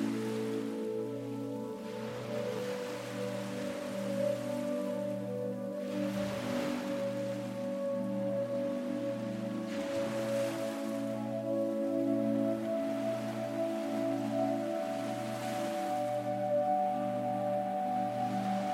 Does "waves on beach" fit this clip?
yes